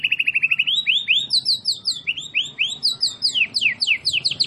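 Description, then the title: White-rumped shama song, a quick rattling trill giving way to loud repeated sweeping whistled notes in a rapid, bouncing series. Masteran (tutoring) recording of a champion (juara) bird. "Masteran Murai Batu Juara"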